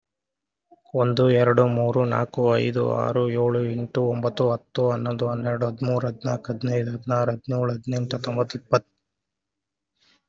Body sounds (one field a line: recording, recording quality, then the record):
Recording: counting at a fast pace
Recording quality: excellent, no background noise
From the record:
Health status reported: COVID-19 positive, mild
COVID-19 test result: positive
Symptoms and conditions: cough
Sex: male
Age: 36 years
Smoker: not ticked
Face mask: worn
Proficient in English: yes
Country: India